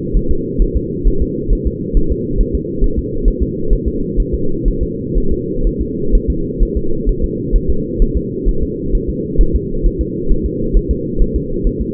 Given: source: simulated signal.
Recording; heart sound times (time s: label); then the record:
fetal heart sounds
0.16 s: S1
0.31 s: S2
0.62 s: S1
0.77 s: S2
1.07 s: S1
1.22 s: S2
1.53 s: S1
1.67 s: S2
1.97 s: S1
2.12 s: S2
2.41 s: S1
2.55 s: S2
2.84 s: S1
2.99 s: S2
3.28 s: S1
3.42 s: S2
3.73 s: S1
3.88 s: S2
4.20 s: S1
4.34 s: S2
4.68 s: S1
4.83 s: S2
5.17 s: S1
5.32 s: S2
5.67 s: S1
5.81 s: S2
6.15 s: S1
6.30 s: S2
6.63 s: S1
6.77 s: S2
7.09 s: S1
7.24 s: S2
7.56 s: S1
7.70 s: S2
8.02 s: S1
8.17 s: S2
8.48 s: S1
8.63 s: S2
8.95 s: S1
9.10 s: S2
9.41 s: S1
9.56 s: S2
9.86 s: S1
10.01 s: S2
10.31 s: S1
10.46 s: S2
10.77 s: S1
10.91 s: S2
11.22 s: S1
11.36 s: S2
11.67 s: S1
11.81 s: S2
From the record:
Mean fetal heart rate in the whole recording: 130 bpm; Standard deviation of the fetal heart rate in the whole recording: 4 bpm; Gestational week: 38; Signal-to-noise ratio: -8.1 dB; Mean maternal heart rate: 72 bpm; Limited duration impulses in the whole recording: absent